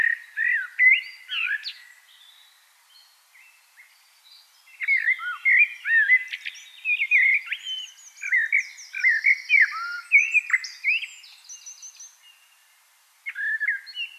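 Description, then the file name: Common blackbird song, mellow fluted phrases with scratchy high twitters, a quieter stretch, then several more phrases, with a new one starting after a short pause at the end. "Turdus merula"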